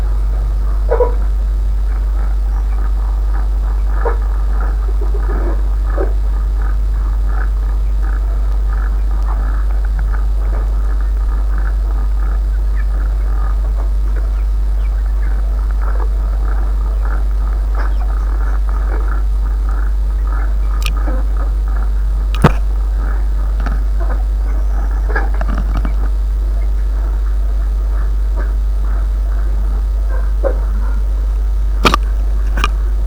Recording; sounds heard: poultry house recording; sick chickens (respiratory disease)